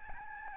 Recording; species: mosquito wingbeat signal from an infrared sensor; Aedes albopictus